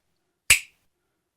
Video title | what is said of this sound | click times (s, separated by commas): Lionsteel SR 1A Review | Okay, so it's still sticky. And you can hear the pop on that. One more time for you guys. | 0.5 s